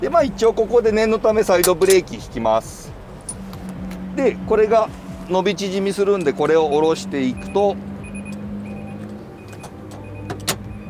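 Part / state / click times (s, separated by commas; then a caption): trailer hitch coupler onto tow ball / seated / 10.5 s. Someone talks while a trailer coupler is lowered onto a tow ball, with a steady low hum underneath and a few light knocks around 3.3 to 3.9 seconds. A sharp clack at 10.5 seconds marks the coupler locking onto the tow ball, the lever dropping and the green safety indicator popping out.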